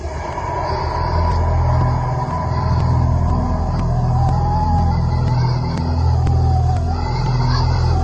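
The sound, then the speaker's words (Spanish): An old greengrocer's truck with a mechanical carburetor starts and runs steadily, a heavy low engine rumble with a rough throbbing texture and a faint rising whine, continuous and fairly loud for the whole stretch, with no voices. “Y tal cual, el camión del verdulero arrancó sin problemas.”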